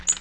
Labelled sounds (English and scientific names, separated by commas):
Magnolia Warbler (Setophaga magnolia) flight call